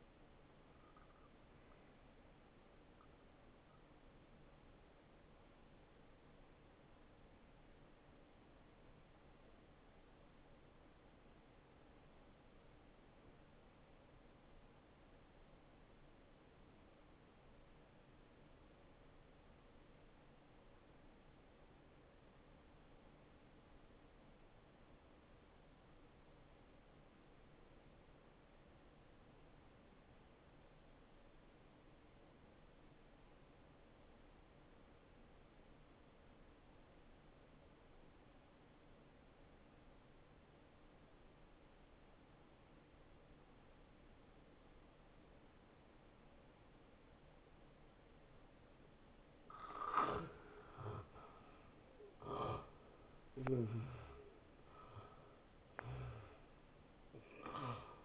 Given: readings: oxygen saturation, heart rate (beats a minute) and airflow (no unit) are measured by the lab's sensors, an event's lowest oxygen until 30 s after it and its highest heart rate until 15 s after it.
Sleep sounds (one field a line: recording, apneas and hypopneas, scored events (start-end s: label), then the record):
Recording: breathing in sleep by a voice recorder at the bedside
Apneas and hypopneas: 1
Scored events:
9.00-58.05 s: new sleep stage, N2 (light sleep)
11.00-47.40 s: obstructive apnea (N2, oxygen 95% highest, then 82% lowest, heart rate 64 at the start, 76 highest)
From the record:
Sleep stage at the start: N1 (lightest sleep)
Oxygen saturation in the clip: 85 to 95%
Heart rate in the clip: 49 to 77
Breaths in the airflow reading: 5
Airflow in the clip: -15.0 to 9.0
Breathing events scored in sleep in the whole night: 263 in 5.5 hours asleep